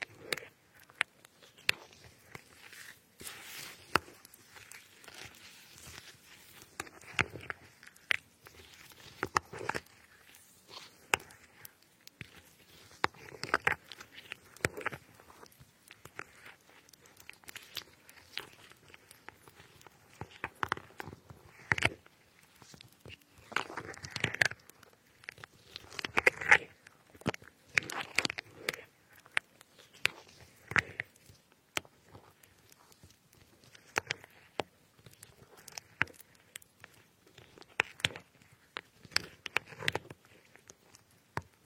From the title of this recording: cutting fruits like strawberries